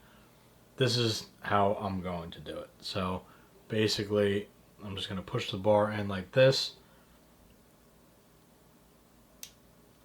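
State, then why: Seated. Someone talks while pushing a quick-release spring bar on a watch band in and lining it up with the watch case lug holes. After the talking stops, a single short, sharp snap is heard at 9.4 seconds as the spring bar seats into the lug holes.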